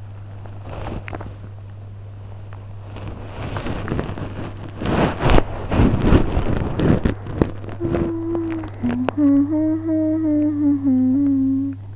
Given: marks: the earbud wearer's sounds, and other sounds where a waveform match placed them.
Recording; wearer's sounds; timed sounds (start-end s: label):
sounds in sleep by an in-ear microphone; body movement, talking in sleep
0.00-7.44 s: body movement
7.73-11.96 s: talking in sleep